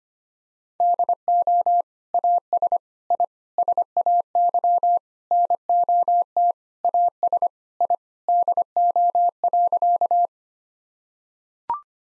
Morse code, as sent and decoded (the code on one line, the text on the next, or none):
-.. --- / .- ... / .. / ... .- -.-- / -. --- - / .- ... / .. / -.. --- .-.-.-
DO AS I SAY NOT AS I DO.